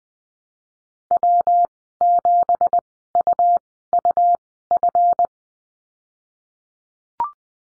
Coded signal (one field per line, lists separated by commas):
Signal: Morse code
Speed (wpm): 20 wpm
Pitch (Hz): 700 Hz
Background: none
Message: W7UUF